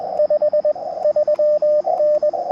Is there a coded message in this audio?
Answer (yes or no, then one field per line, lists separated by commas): yes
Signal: Morse code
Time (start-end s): 0.2-2.3 s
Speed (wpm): 20 wpm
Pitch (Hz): 600 Hz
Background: radio noise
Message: 53N